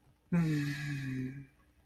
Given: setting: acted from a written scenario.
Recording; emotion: vocal sound without words; shame